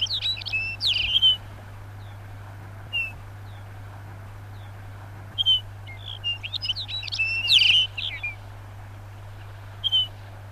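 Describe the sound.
Lapland bunting song: a bright, jangling warbled phrase, a pause with a few lone chirps, then a second longer twittering phrase, all over a constant low hum.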